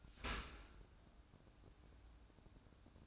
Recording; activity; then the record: daily activity, microphone in the room; open dishwasher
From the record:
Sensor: 2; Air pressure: 1012.1 hPa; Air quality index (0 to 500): 146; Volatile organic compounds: 2 ppm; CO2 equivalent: 1074 ppm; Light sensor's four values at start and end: 366/905/367/371 and 350/864/350/353